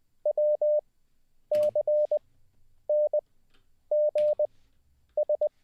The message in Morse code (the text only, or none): WCNGS